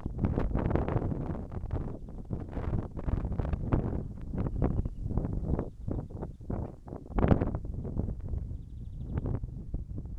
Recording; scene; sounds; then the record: everyday scene through a hearing-aid microphone; wind on the microphone; wind, birds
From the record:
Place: in front of a rural house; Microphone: behind the ear, right, rear